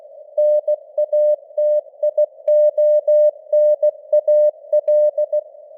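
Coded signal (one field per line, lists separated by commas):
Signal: Morse code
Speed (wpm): 16 wpm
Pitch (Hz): 600 Hz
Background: none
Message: NATIONAL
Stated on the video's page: Morse news headlines at 16 wpm with simulated radio noise and varying signal strength (QSB).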